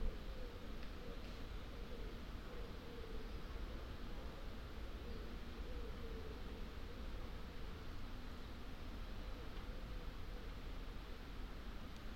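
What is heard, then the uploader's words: Forest ambience in the Wyre valley: a steady, dense low rumble with a faint wavering mid tone and a few brief high ticks. Just the odd snap and crack, of a dry twig dropping, every now and then. We captured this hour of forest time by leaving the Lento mics alone on an old tree last month deep in the Wyre Forest in Worcestershire. Slow forest Wyre valley.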